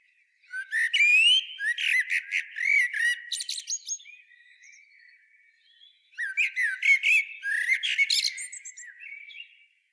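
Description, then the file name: Common blackbird: two melodious phrases of low mellow whistles ending in high, scratchy twittering, with quieter warbling in between. "Turdus merula"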